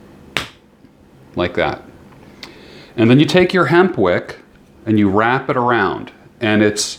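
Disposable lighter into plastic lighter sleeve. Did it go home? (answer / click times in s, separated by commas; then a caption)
yes / 0.4 s. A standard disposable lighter is pushed down into a plastic lighter sleeve that has a poker tool, and it snaps into place with a sharp click at 0.4 s, seating the lighter in the sleeve. Someone talks after the click.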